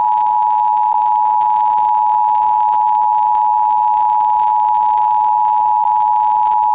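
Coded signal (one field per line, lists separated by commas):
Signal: Emergency Alert System (SAME) tones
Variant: 853 and 960 Hz attention tone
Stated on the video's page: IPAWS weekly test received on an FM radio station at 105.9.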